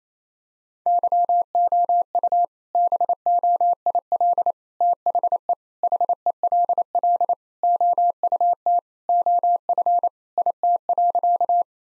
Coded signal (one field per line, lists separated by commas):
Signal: Morse code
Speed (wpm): 28 wpm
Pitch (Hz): 700 Hz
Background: none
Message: YOU BOIL THE HELL OUT OF IT.